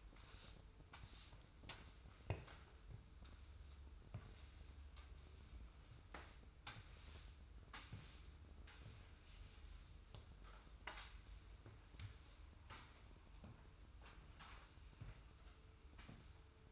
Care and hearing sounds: daily activity, microphone in the room; sweep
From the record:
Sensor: 2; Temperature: 25.1 degrees Celsius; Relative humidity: 45.4%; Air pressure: 990.3 hPa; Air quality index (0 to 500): 210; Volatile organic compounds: 1000 ppm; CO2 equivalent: 6742 ppm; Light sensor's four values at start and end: 17/40/17/18 and 32/75/31/31

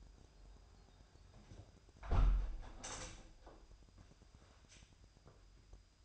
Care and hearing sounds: daily activity, microphone in the room; close window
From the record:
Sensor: 2

